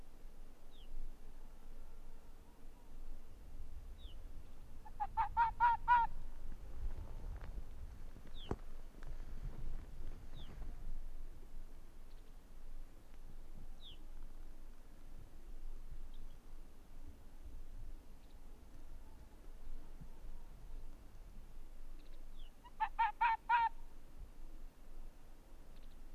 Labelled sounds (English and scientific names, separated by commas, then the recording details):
Arctic Fox (Vulpes lagopus)
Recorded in the wild
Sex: male
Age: adult
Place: Insel Mednyi, Kommandeur-Inseln, RU
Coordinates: 54.5167, 168.083
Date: 1999-07-27 21:49
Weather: 12°C, kein Nebel, leichter Südwestwind, Sicht gut
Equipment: Sony WM-D6C, Sennheiser ME 80, K 30 AV, Windkorb, Kopie Tascam DA 30
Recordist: Jakupi, Antje